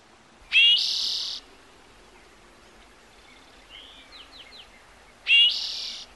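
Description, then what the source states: Bird song: two loud bright whistled phrases ending in a high buzz, with softer downslurred chirps between them. Bird heard in the morning.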